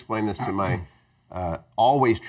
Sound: throat clearing